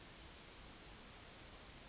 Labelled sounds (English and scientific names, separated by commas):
Yellowhammer (Emberiza citrinella) song